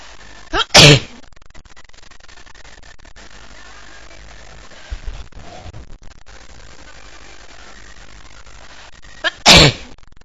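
An adult woman sneezes twice, each sneeze preceded by a quick inhaled breath, the two about nine seconds apart with quiet in between.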